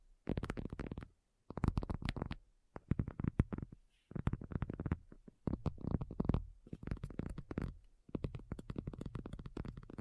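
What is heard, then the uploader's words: Rapid tapping comes in dense bursts of quick, crisp strikes, each run lasting about a second or two before short pauses. The taps carry a full, thumpy low end with bright clicky tops, and the rhythm stays fast and slightly uneven throughout. ASMR Addictive Tapping. (No Talking).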